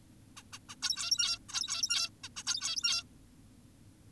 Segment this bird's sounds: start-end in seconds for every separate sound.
0.37-0.43, 0.53-0.59, 0.69-0.75, 0.83-1.38, 1.49-2.10, 2.24-2.29, 2.37-2.43, 2.47-3.04